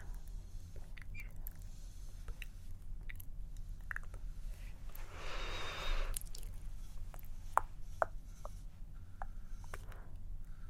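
Quiet personal attention sounds: soft plucking and touching taps scattered through, with sharper clicks near seconds 7.5 and 8. Around seconds 5 to 6 a brief rushing hiss swells and fades. A steady low hum runs underneath throughout.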